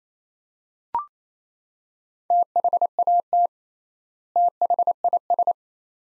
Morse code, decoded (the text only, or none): THAT THIS